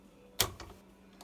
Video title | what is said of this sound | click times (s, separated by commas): How to Make a Bow Holder | you're gonna make sure when you push it down you should hear it click so | 0.4 s